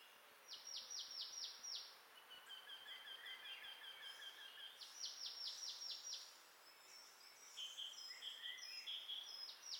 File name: Poecile palustris